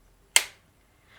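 A left Joy-Con controller, its pins aligned with the side rail of a Nintendo Switch 2 console, is pulled into place by magnets with a single sharp, bright click at 0.4 s that decays quickly into near silence. The click signals that the left Joy-Con is properly connected.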